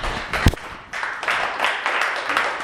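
A group of people clapping for themselves, a dense, steady patter of many overlapping claps with a sharper burst near the start, continuing throughout without any talking.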